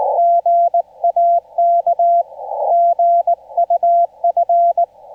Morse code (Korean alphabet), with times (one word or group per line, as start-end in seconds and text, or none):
0.2-2.2 송
2.7-4.8 신